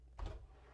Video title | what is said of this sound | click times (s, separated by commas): 2025 Anthem Delivery Checklist - Entegra Coach | you pull it you feel it click when you're done you want to push this back in don't just push it in until it stops | 0.2 s